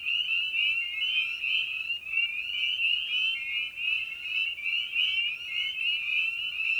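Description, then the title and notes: Spring peepers in full chorus, high upswept peeps pulsing in slightly uneven waves, forming a steady shrill trill-like ringing. Evening at a frog pond. "Episode 5: Night of the Peepers. we return to the frog pond for a meditative evening. Species in Focus: Spring Peeper (Pseudacris crucifer). Ian Carlsen"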